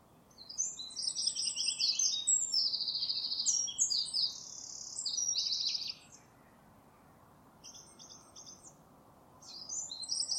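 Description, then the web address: Bird calls: a long busy burst of quick high chirps and buzzes lasting about five seconds, a pause of near quiet, then short sharp chirp bursts returning twice. "cianscape birddata Deverinetal 2025"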